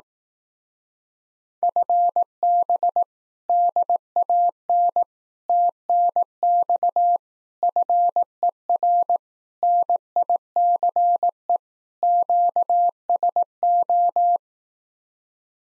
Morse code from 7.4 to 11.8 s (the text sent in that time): FER NICE